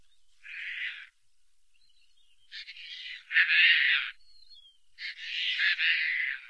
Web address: Songs of Birds of North America Stokes Caspian Tern